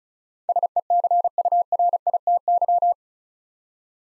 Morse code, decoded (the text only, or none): SECURITY